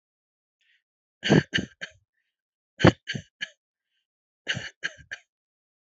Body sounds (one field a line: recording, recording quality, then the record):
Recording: shallow voluntary cough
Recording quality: excellent, no background noise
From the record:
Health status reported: healthy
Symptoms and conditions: none ticked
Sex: male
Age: 31 years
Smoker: not ticked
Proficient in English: yes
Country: India